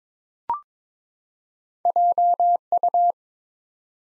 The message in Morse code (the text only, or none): JU